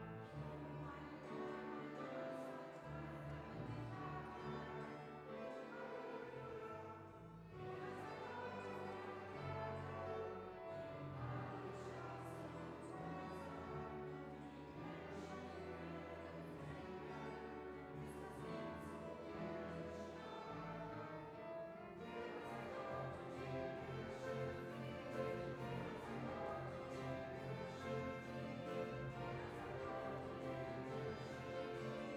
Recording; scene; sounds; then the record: everyday scene through a hearing-aid microphone; reverberant space; music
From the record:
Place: church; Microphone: behind the ear, right, rear